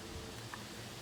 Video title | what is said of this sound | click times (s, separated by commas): Frankford Arsenal Platinum Hand Primer-Demonstration and Review | and that clicks right in, and those curved pieces click over the corners. | 0.5 s